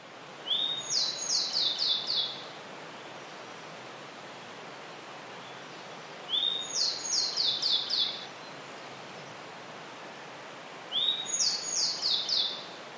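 Grey bunting singing three phrases, about five seconds apart. Each is a thin whistled note leading into a run of four or five high, falling notes.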